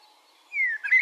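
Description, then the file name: Eurasian blackbird call: a thin whistle sliding downward, then a brief harsh, chattering burst at the end, over a quiet background. "Turdus merula"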